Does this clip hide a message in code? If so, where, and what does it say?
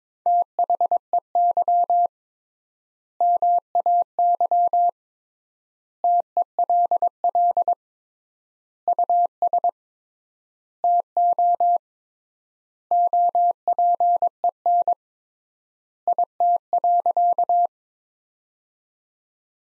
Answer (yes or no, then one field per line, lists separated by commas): yes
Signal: Morse code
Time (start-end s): 0.3-17.7 s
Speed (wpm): 22 wpm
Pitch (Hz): 700 Hz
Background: none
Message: THEY MAY TELL US TO OPEN IT.